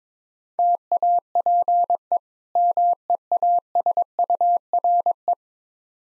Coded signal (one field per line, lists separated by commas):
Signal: Morse code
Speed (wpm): 22 wpm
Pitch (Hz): 700 Hz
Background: none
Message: TAPE MEASURE